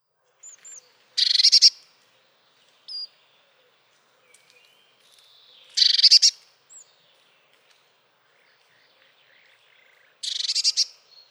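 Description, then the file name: Eurasian blue tit giving three short harsh buzzy bursts, with a few faint thin high notes between them. "Blåmeis"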